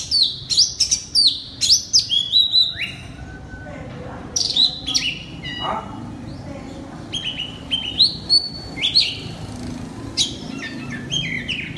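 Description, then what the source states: Oriental magpie-robin song made of rapid, varied whistles and sharp notes in dense bursts, easing into sparser phrases later on. Kacer, the Indonesian name, singing loudly in the style called ngeplong.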